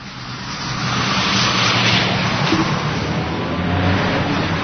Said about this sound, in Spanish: Cientos de coches.